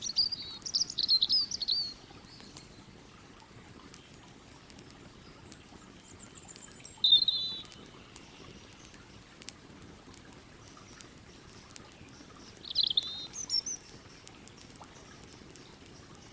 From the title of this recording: Campfire by the River